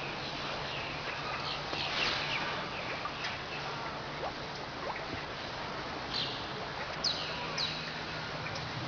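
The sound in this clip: Manatee chirps: scattered brief high squeaks, some sweeping quickly downward, spread across the recording above constant hiss and a low steady hum.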